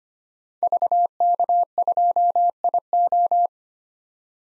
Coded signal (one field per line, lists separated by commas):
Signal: Morse code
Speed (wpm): 25 wpm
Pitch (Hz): 700 Hz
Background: none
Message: VK2IO